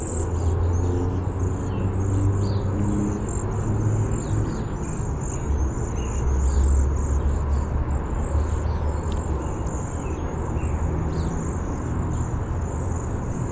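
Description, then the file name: Cedar waxwing giving very high, thin buzzy calls in a steady stream of short notes, heard over a constant low rumble. Bzee-seee call type. "CEDW bzee seee"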